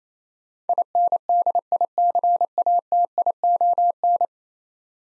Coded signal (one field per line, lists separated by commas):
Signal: Morse code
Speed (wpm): 27 wpm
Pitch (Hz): 700 Hz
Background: none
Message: INDICATION